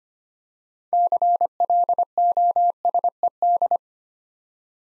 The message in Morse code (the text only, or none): CLOSED